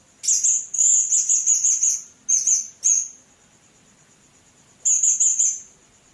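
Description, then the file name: Blue-crowned hanging parrot calling in rapid, high-pitched trilled bursts, a long chattering phrase, two short notes, then another chattering phrase after a pause. "serindit"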